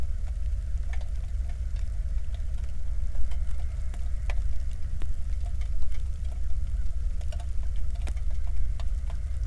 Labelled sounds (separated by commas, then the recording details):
bird, flare stack, rain
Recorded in the Prudhoe Bay oil fields, Alaska, on 1 August 2019 at 02:01
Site 25